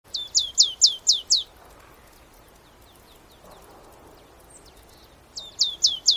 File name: Poecile palustris